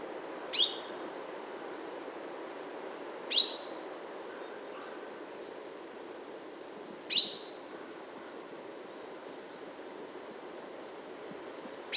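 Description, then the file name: Common chaffinch calling with single sharp, bright notes spaced several seconds apart, three in all plus one cut off at the end, over a steady low background hiss. "Fringilla coelebs"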